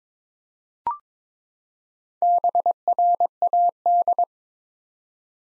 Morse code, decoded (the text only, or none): BRAD